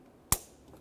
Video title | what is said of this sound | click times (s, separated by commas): How to Replace Hood Release Cable & Handle 2005-2010 Chevrolet Cobalt | Once it's lined up, go ahead and lock it in. Listen | 0.3 s